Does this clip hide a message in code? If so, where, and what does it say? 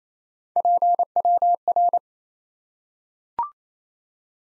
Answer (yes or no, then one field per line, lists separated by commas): yes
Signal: Morse code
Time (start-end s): 0.6-2.0 s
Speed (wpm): 28 wpm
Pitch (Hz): 700 Hz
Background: none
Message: PWR